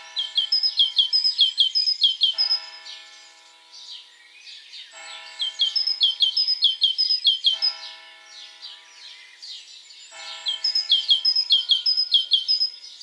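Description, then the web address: Great tit song: rapid repeated two-note phrases in several bouts, with steady lower tones at times. "SETE data Parus major"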